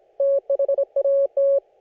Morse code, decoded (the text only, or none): THAT